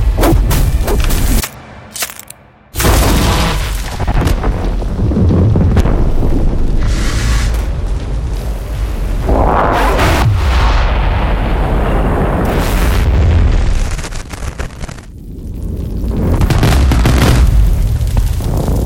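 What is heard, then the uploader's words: A fire roars loud, a dense, rumbling blaze with deep booming surges and sharp crackling bursts throughout. The roar cuts out almost completely for a moment near two seconds, then slams back in, easing briefly around fifteen seconds before swelling again. First Element - FUEGO. The fire - in all the energy and inherent violence of its nature.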